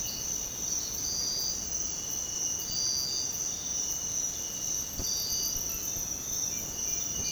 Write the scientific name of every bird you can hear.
none